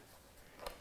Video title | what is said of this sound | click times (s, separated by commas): '25 BMW GS1300 SADDLEBAG LINER Install: Side Saddlebags/LIners Install | clip them. They just snap into place. | 0.7 s